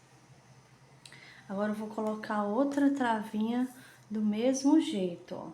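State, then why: Seated. A plastic lock washer is pressed firmly down the post of a safety eye through the crochet fabric of a doll's head until it engages all the way. A short double click is heard at 1.1 s and 1.1 s, marking the washer snapping fully home, and then someone talks.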